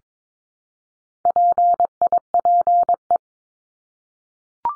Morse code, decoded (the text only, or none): PIPE